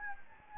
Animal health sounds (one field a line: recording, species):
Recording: mosquito wingbeat signal from an infrared sensor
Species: Anopheles gambiae